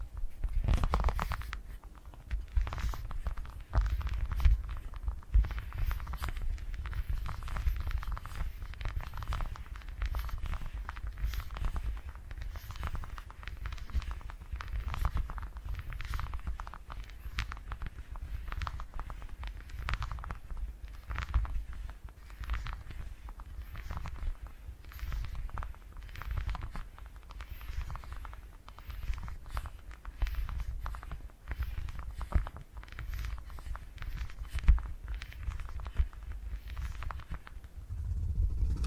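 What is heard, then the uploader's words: A steady purring rumble runs through the whole recording, low and dense, with quick regular pulses. Soft crackly taps and brushing sounds flicker on top every second or so, and the texture stays even from start to finish. ASMR Brain Tingly Purring Triggers for Sleep (No Talking).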